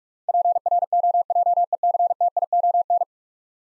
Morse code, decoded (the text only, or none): PROJECTION